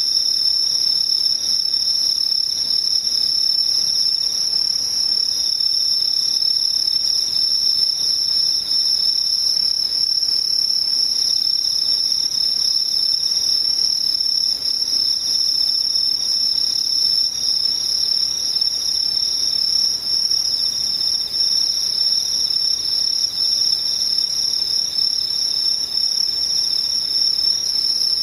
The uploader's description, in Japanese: ムシ